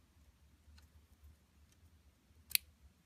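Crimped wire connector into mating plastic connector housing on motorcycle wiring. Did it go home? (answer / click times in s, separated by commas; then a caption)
yes / 2.6 s. A crimped PCB connector on the spare fender tip light wiring of a Harley Road King, red wire on the right and black on the left, is pushed into its plastic mating connector for the GPS power feed. Low background rumble and a faint tick near 0.8 s lead up to a single sharp, loud click at 2.6 s as the connector seats into place.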